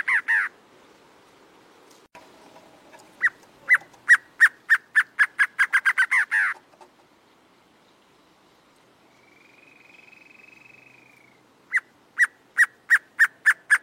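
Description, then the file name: Acre antshrike singing a series of sharp, evenly pitched notes that quicken steadily and close with a few longer, harsher notes; a soft whistle, then the next song starts. "Canto do choca do acre"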